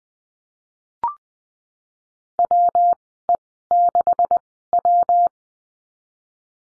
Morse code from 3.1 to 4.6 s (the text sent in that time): E 6